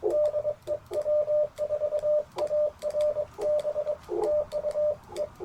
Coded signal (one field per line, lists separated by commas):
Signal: Morse code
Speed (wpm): 23 wpm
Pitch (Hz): 600 Hz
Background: none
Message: DE W4ARB TU E